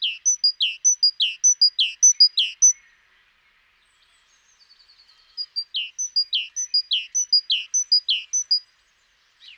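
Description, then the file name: Great tit giving rapid two-note calls, a thin high note and a falling slur, in two bursts separated by a brief pause with faint soft notes. "Parus major"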